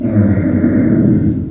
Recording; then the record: squeal of a Yucatan mini pig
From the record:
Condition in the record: after surgery on the right vocal fold (resection and tissue-engineered implant); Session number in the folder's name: 4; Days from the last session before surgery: 26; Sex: female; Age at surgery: 19 weeks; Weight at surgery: 25 kg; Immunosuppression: prednisolone